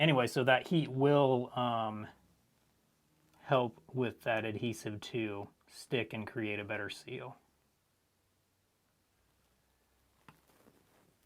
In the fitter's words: got that one on there for sure I felt the click and with those all on we can connect the